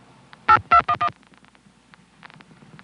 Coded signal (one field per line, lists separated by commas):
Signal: DTMF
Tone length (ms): 80 ms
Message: 8211